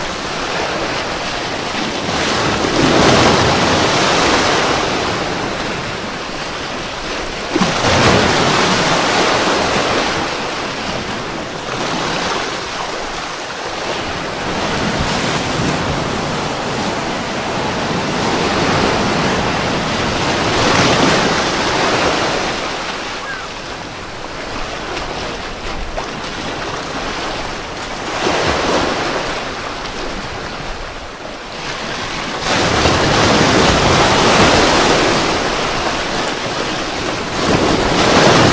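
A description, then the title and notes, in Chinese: Ocean waves wash in and out, a dense hiss that swells and recedes in slow surges about every five to eight seconds, with strong crashes near 8 and 32 seconds. Wind rumbles underneath, and the sound never drops to silence. 海浪声 白噪音。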